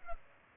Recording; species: mosquito wingbeat signal from an infrared sensor; Culex pipiens